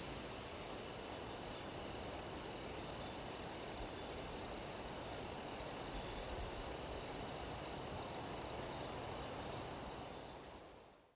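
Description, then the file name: Grasshopper producing a steady high-pitched trill with rapid pulses, hiss behind it, all fading out at the very end. "zvuki kuznechika"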